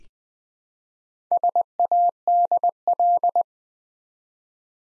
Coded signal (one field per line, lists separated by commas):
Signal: Morse code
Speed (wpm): 20 wpm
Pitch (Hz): 700 Hz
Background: none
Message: SADL